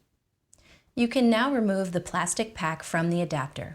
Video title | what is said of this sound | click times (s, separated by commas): StatScript Betaseron Training Video | until you feel or hear the adapter snap into place | 0.5 s